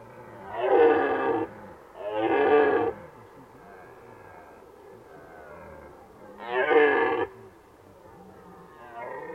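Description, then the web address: Red deer roars: three loud, rough bellows, the first two close together and a third after a pause, with a softer call starting at the end. Recorded in Valsolda. "cibra valsolda. Cervo"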